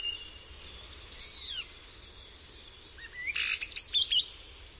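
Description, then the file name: Common starling song with soft thin whistles, a short upward slur, then an abrupt loud cluster of clicks, squeaks and chatter near the end. "Szpak"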